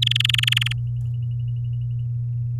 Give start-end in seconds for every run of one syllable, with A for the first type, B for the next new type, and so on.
0.02-0.73 A